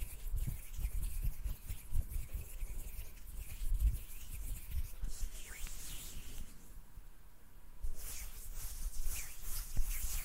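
Hands rub, brush and tap in a dense, uneven stream of soft scratchy friction, with low thumps scattered throughout. Bright hissy swishes swell around five seconds and again after eight, where the rubbing grows louder and rougher toward the end.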